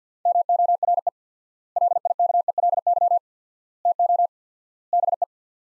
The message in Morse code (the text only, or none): MORE LIKELY TO BE